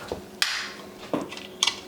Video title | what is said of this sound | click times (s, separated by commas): Fiido L3 Foldable Electric Bike Speed Hack & Full Review - RunPlayBack | that locks in place there you go | 1.6 s